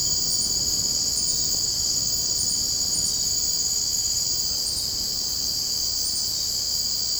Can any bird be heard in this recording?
no